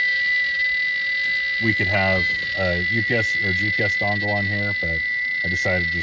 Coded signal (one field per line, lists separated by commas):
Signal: FT8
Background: speech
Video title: US-3455 POTA Activation - N6ACA